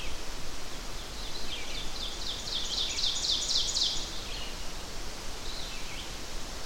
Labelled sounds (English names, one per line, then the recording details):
Ovenbird song
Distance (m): 35 m
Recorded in boreal forest in Alberta, Canada, on 12 June 2016 at 06:00
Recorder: SongMeter 3, array SBT-3-18
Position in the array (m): 229 m, 89 m
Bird 31